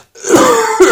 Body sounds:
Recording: coughing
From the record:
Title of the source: Mid-morning Winter Coughing Fit

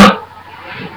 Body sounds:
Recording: coughing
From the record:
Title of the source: Barking cough - # 10

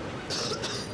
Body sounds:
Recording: coughing mixed with background sound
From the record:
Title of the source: November cold (wet coughing)

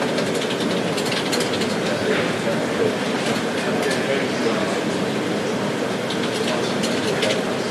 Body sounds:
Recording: background sound without coughing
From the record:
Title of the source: Office Sounds Ambience - Background Noise for Study and Work

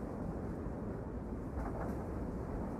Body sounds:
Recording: background sound without coughing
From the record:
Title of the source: Train Ride Ambience ambient white noise for sleeping, focus, studying, reading

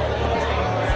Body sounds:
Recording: background sound without coughing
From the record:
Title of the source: CITY SOUNDS Busy Bar in the Evening Night - 2 HOURS of Ambiance for Relaxation

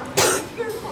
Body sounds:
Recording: coughing mixed with background sound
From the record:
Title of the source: 34 coughing up crap again

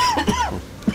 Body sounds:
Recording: coughing mixed with background sound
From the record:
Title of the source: Dry Coughing Fit in the Afternoon.

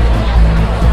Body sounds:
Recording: background sound without coughing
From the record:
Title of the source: Party Noise 1 Hour Party Ambience

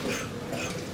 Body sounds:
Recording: coughing mixed with background sound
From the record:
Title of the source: Spring Cold Coughing 3

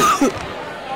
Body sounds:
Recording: coughing mixed with background sound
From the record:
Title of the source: Wet coughing

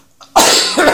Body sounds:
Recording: coughing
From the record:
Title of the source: Spring Allergy Coughing

